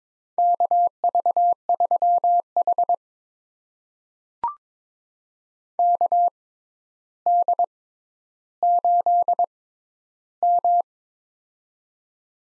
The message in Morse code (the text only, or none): KV3H KD8M